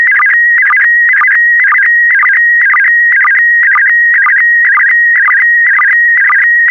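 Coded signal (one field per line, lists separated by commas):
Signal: SSTV (slow-scan television)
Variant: PD120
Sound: steady whistling tone broken by fast warbling chirps twice a second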